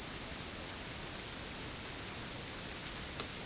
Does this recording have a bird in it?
no